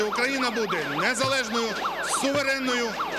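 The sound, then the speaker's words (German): A siren, switched on in a parliament chamber by opponents of a constitutional amendment whenever a speaker supported it, wails in quick, repeating rise-and-fall sweeps, about two per second, steady and fairly loud, while a voice speaks underneath it. “Die Gegner des Verfassungsprojektes klopften mit Plastikflaschen auf die Tische, schalteten gar Sirenen an, sobald sich ein Redner für die Verfassungsänderung einsetzte.”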